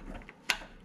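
While timing a BMW M30 engine, a metal timing-chain sprocket that resists at first is worked onto the camshaft, with faint scraping sounds early on. At 0.5 s a sharp, bright snap rings out as the sprocket seats on the camshaft, followed by a short fading tail.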